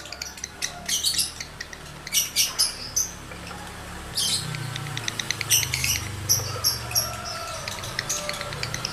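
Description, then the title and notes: Lovebird song: clusters of fast, squeaky high chirps in separate bursts, over a low rumble. Male lovebird in breeding condition, singing; the recording is used to stimulate other lovebirds to sing continuously. "Birahi Lovebird Jantan ke Gacor. Pancingan Suara Lovebird jantan birahi"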